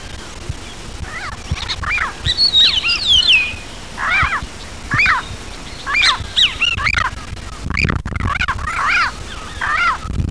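Bird calls: repeated arched, harmonic squawks mixed with higher thin whistled notes early on, coming in uneven bursts over a low background rumble.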